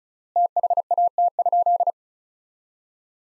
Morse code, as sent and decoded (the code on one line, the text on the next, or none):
- .... .- - ..--..
THAT?